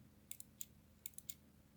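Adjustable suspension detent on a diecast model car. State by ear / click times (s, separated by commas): not seated / none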